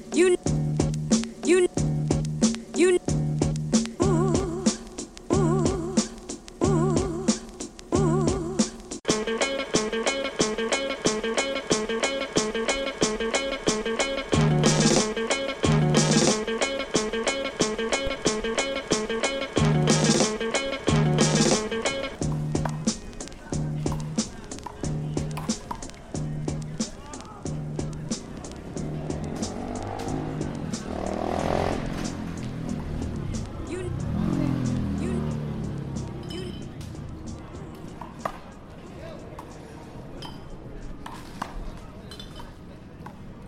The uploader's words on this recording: An East River Park Sound Walk in New York. The sound of a single recording made while circling the park. East River Park Sound Walk, New York City.